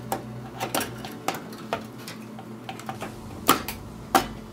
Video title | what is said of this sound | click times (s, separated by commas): HOW TO INSTALL A GRAPHICS CARD (RX560) + ASSETTO CORSA GAMEPLAY | you just apply pressure to it when you push and it snaps in place | 3.5 s